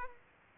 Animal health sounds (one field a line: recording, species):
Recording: mosquito wingbeat signal from an infrared sensor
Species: Aedes aegypti